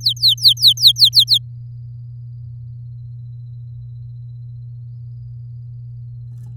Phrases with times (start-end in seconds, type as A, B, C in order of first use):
0.01-1.38 A